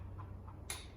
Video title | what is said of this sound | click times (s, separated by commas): Destroked 6 litre LS build - Chloe and Lily help install the pistons! + fixing a turbo sketchily | it just clicked okay | 0.7 s